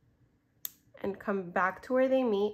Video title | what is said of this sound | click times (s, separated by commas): DIY Butterfly Necklace Tutorial with Shell Pearls | and here a little click and pass the ring | 0.7 s